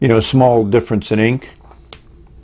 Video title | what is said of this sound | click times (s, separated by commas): Wing Sung 618 - WOW! WOW! Totally clear piston fill, hooded nib, fountain pen review | can see it snaps in place nicely | 1.9 s